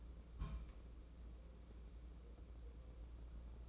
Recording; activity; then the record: daily activity, microphone in the room; place on stove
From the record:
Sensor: 1